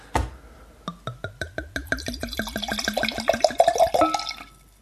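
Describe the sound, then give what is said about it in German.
A short pop as a bottle of 2007 Blaufränkisch Gabarinzer wine from Weingut Pillinger is opened, then the wine pours out in steady glugs that quicken and rise in pitch as the glass fills, ending in a brief trickle. “Was könnte das sein? Und zwar handelt es sich dabei um einen Wein, genauer gesagt um einen blaufränkischen Gabarinzer, Jahrgang 2007 vom Weingut Pillinger.”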